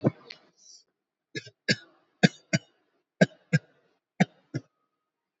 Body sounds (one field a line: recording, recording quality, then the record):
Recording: heavy voluntary cough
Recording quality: excellent, no background noise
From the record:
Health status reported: COVID-19 positive, mild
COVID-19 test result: positive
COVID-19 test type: RT-PCR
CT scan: taken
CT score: 5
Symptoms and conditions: cough, cold, muscle pain, ischaemic heart disease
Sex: male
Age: 76 years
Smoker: no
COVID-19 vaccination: both doses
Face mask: not worn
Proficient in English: yes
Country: India